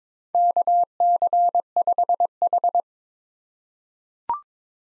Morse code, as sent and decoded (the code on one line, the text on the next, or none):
-.- -.-. ..... ....
KC5H